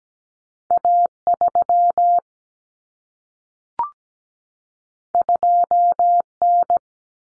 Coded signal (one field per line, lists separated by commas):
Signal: Morse code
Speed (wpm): 17 wpm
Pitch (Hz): 700 Hz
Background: none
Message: A3 2N